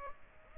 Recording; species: mosquito wingbeat signal from an infrared sensor; Aedes aegypti